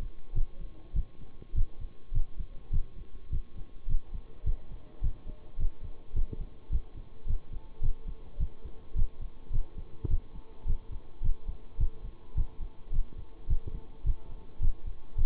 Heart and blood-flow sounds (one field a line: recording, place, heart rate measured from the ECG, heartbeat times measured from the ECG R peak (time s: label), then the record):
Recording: heart sounds by stethoscope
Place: between the tricuspid and mitral areas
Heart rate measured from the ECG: 105 bpm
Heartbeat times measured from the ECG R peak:
0.34 s: heartbeat
0.94 s: heartbeat
1.54 s: heartbeat
2.12 s: heartbeat
2.71 s: heartbeat
3.30 s: heartbeat
3.87 s: heartbeat
4.44 s: heartbeat
5.02 s: heartbeat
5.58 s: heartbeat
6.14 s: heartbeat
6.70 s: heartbeat
7.26 s: heartbeat
7.81 s: heartbeat
8.38 s: heartbeat
8.95 s: heartbeat
9.51 s: heartbeat
10.08 s: heartbeat
10.66 s: heartbeat
11.22 s: heartbeat
11.78 s: heartbeat
12.35 s: heartbeat
12.91 s: heartbeat
13.48 s: heartbeat
14.04 s: heartbeat
14.60 s: heartbeat
15.16 s: heartbeat
From the record:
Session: bicycle stress test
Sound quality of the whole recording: good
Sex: male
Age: 26 years